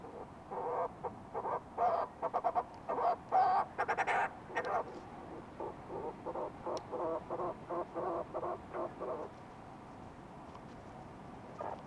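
Fulmar prion calling, a long series of harsh throaty pulses, fast and uneven at first, then steadier and softer, ending with a single note, steady background hiss.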